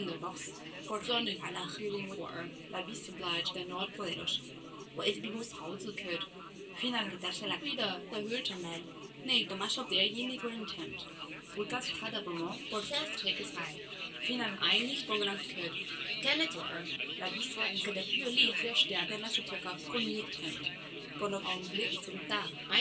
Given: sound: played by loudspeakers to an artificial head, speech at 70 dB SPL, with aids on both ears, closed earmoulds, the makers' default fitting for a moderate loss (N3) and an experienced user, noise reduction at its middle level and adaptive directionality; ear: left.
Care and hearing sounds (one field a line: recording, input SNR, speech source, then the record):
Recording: speech test signal (ISTS) in cocktail-party noise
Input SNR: +6 dB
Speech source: on the right (90 degrees)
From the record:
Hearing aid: class 1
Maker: C